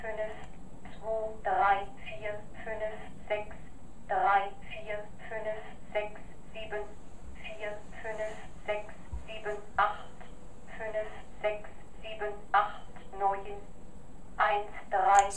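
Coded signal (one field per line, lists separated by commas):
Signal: numbers station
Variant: German female machine voice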